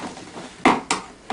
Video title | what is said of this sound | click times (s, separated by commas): TaoTao CY50A Scooter Assembly Part 1.avi | that just clicked in that one's good | 0.6 s, 0.9 s